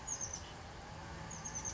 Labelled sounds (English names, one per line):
Oak Titmouse